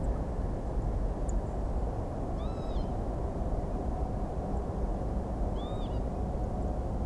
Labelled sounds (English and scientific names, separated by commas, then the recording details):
Song Thrush (Turdus philomelos), European Robin (Erithacus rubecula), Northern Lapwing (Vanellus vanellus)
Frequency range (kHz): Song Thrush (Turdus philomelos) 5.9-9.7 kHz; European Robin (Erithacus rubecula) 6.7-8.3 kHz; Northern Lapwing (Vanellus vanellus) 1.0-8.0 kHz
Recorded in France